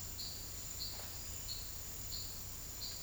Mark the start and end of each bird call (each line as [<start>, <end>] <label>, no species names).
[0.00, 3.03] bird call